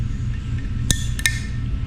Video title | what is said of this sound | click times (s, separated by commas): Miller Precision - Springfield Prodigy - Billet Grip Module Install | so in order to click this in all we're going to do is bend the spring till it clicks in and engages in one of these notches right or left-handed | 0.9 s, 1.3 s